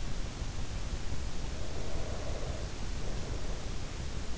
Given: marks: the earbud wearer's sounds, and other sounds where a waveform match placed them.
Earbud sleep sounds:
sounds in sleep by an in-ear microphone; breath
1.36-3.96 s: breath

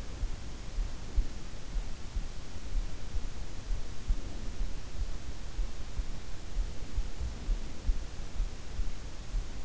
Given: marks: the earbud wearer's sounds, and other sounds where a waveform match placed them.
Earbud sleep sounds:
sounds in sleep by an in-ear microphone; breath
0.00-1.68 s: breath
3.01-4.95 s: breath
6.46-8.32 s: breath

